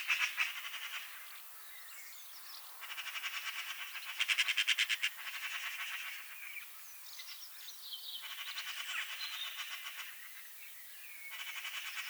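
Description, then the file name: Eurasian magpie chattering in repeated harsh, rapid rattles, broken by brief squeaky notes between bursts. "Pica pica"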